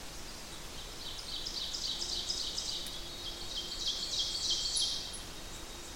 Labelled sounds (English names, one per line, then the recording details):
Ovenbird song
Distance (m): 25 m
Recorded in boreal forest in Alberta, Canada, on 8 June 2016 at 06:18
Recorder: SongMeter 3, array SBT-3-9
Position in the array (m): 89 m, 89 m
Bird 34